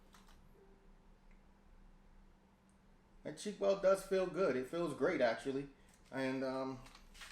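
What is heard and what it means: An adjustable UTG Pro S1 Series buttstock on an AR-15 rifle's buffer tube (receiver extension) is being handled, with quiet low handling noise and a faint tick near 0.2 s over the first three seconds. Someone then talks from about 3.2 s to the end. Nothing has seated or clicked into position yet.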